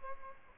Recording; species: mosquito wingbeat signal from an infrared sensor; Aedes albopictus